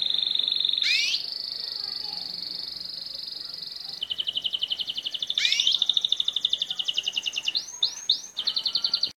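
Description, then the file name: Canary song of long rolling trills at one pitch, broken by upward slurred notes, with a pulsed rattle and a few short looping phrases near the end. Song of a Llarguet breed canary. "canto do canario Llarguet"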